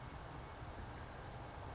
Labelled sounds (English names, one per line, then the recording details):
California Towhee
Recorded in Sonoma County, California